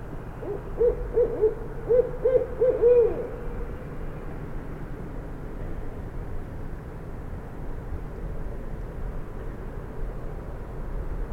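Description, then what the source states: Barred Owl hooting, a short rhythmic series of low hoots, then steady background noise. Barred Owl calling in the foreground in west Dyke Marsh, from a condo balcony, around 4am on April 23, 2016; 64 degrees, cloudy; Fostex FR2, Sennheiser ME62, Telinga parabola.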